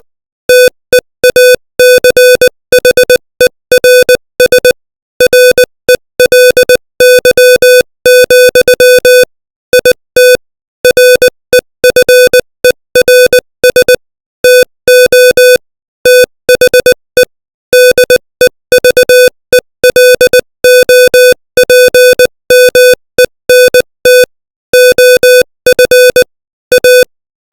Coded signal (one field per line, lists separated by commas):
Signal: Morse code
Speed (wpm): 20 wpm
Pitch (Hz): 500 Hz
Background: music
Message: TEACHERS RELY, IT REFERS TO THE DEVELOPMENT OF A